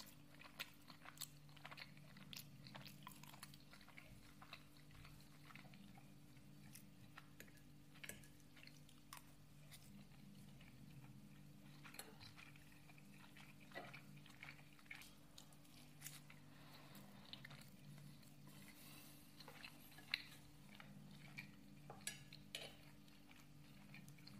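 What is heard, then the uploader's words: A person eating, with frequent sharp clicks and scrapes of utensils on dishes over a steady low hum lasting throughout. A PERSON EATING.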